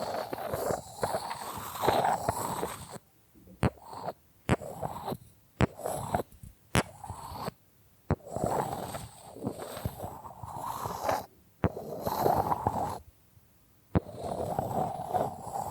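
Bamboo being scratched and brushed in dense, rasping bursts, with a few sharp taps cutting through. The busy stretches break off into near-silent pauses around 3, 8 and 13 seconds, and single crisp clicks land inside the gaps.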